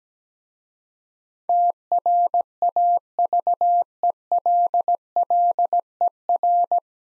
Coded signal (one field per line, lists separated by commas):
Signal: Morse code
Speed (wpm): 17 wpm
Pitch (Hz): 700 Hz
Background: none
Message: TRAVELLER